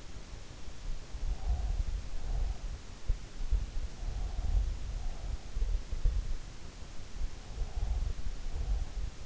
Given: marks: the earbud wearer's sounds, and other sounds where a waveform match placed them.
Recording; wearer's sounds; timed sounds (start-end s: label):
sounds in sleep by an in-ear microphone; breath
1.36-3.05 s: breath
3.90-5.59 s: breath
7.58-9.26 s: breath